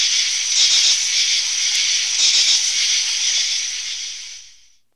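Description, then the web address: Insects keep up a thick, high-pitched buzzing chorus that stays steady for about four seconds, then fades away to silence. Insects in summer. "animals bugs-summer"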